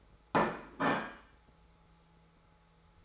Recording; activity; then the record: daily activity, microphone in the room; place plate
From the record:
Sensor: 3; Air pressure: 1015.0 hPa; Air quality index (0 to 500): 208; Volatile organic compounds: 34 ppm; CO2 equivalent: 3036 ppm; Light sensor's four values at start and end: 34/82/35/38 and 20/50/21/22